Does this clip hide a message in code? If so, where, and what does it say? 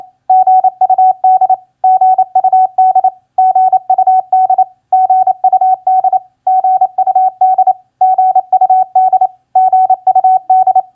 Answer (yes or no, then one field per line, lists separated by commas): yes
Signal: Morse code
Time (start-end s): 0.3-10.8 s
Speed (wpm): 28 wpm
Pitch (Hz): 750 Hz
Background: none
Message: GUD GUD GUD GUD GUD GUD GUD